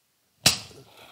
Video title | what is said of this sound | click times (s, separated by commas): Mercedes 722.6 Chrysler NAG OVERHAUL complete | and push down it listen for it to click ooh | 0.5 s